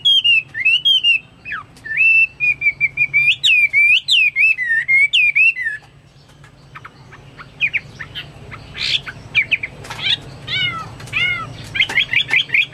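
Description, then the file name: Chinese hwamei song of loud looping whistled phrases, followed by quieter scattered chirps and short whistled notes. "omkicau hwamei"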